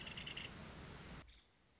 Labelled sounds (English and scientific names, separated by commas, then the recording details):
Nuttall's Woodpecker (Dryobates nuttallii)
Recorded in Sonoma County, California